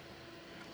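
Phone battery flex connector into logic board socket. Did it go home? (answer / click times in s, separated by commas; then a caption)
no / none. A finger lines up a new battery's flex connector and presses it down onto the logic board socket of an iPhone 14 / 14 Plus, and only a steady low background hum is heard. Nothing has seated or clicked yet: the connector gives none of the usual click or snap.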